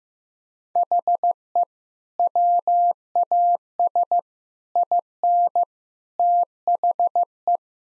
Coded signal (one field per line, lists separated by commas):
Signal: Morse code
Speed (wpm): 15 wpm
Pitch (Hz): 700 Hz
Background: none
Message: HE WAS IN THE